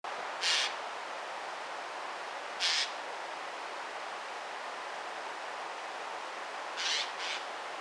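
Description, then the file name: Eurasian jay calls: two single harsh, rasping screeches, then a quick pair at the end, over a steady background hiss. "Garrulus glandarius"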